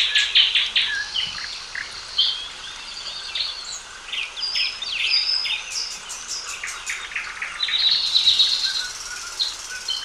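Several birds sing at once, with sharp chirps, a rapid high trill and short whistled phrases overlapping in a dense chorus.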